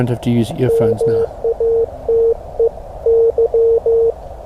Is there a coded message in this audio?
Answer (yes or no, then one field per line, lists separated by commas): yes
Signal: Morse code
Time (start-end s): 0.7-4.1 s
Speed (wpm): 15 wpm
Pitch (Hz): 460 Hz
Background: speech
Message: MATE Y